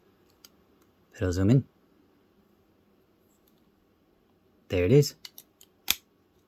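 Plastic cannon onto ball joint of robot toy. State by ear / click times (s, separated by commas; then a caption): seated / 5.9 s. A plastic cannon is pushed onto a ball-joint peg on a robot toy while someone talks. A sharp, loud click at 5.9 seconds marks the cannon snapping into place on the ball joint, where it is held.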